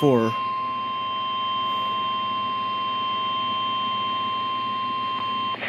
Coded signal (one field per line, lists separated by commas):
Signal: Emergency Alert System (SAME) tones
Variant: 1050 Hz attention tone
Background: speech